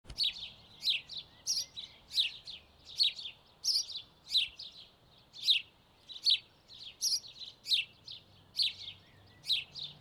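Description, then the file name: House sparrow giving sharp, repeated chirps at a fairly even pace, each a quick high note, with little else audible. "Passer domesticus"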